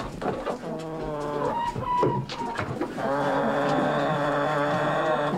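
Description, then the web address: Chicken making low, drawn-out murmuring calls. Chicken moving around while clucking. "chicken clucking moving around donkey in bg animal bird"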